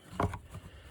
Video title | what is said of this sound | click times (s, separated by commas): 2018 Chevy Silverado 1500 thermostat replacement | Good to go. Click. | 0.2 s